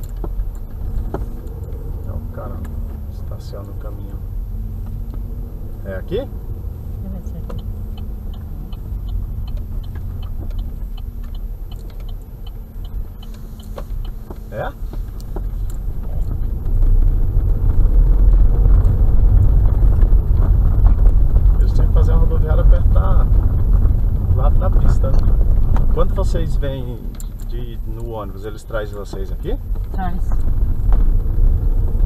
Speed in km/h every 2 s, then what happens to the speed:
13, 16, 18, 21, 17, 7, 8, 9, 17, 23, 22, 22, 18, 5, 6, 16.
0-7 speeds up to 21. 7-10 brakes to 7. 12-18 speeds up to 23. 18-23 steady at about 22. 23-26 brakes to 5. 27-32 speeds up to 16.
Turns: 8-13.